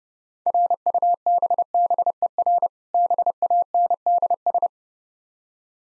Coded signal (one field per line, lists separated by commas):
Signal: Morse code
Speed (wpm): 30 wpm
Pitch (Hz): 700 Hz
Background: none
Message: RUBBER BANDS